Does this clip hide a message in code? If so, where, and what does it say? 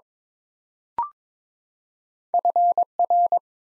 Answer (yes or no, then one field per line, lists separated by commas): yes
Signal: Morse code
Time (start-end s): 2.3-3.4 s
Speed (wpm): 22 wpm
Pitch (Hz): 700 Hz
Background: none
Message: FR